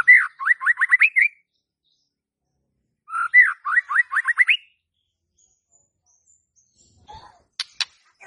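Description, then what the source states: White-rumped shama song: bursts of loud rising whistled notes, several in quick series, repeated after a pause, then a few sharp high chips. Lure for a stressed murai batu (shama) that has stopped singing (stres, macet), used to provoke singing.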